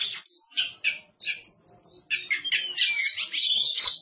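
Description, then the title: Oriental magpie-robin song: sweet whistled notes mixed with scratchy chattering phrases, a long high whistle at the start and slurred notes near the end. "Suara Kicauan Burung Kacer"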